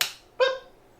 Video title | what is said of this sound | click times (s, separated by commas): PSA Stealth AR Final Lower Assy & joining to the DTT "Palomino" Upper Assy - 03 | you'll hear it snap in | 0.0 s